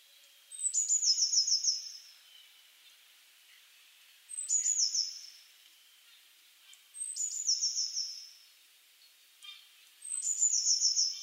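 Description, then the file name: Eurasian blue tit giving four high-pitched calls, each a sharp thin note followed by a rapid, buzzy trill that slides gently downward, spaced a few seconds apart. "Cyanistes caeruleus"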